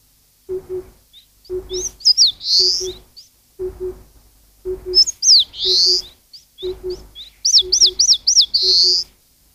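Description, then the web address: Eastern crowned warbler repeating its song three times: swooping high whistles building to a loud buzzy note, over a low two-note hoot repeated about every second. "cats sikioto birds sendaimushikui"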